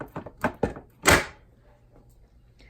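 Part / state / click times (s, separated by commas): locking bracket onto juicer top cover / seated / 0.4 s, 0.6 s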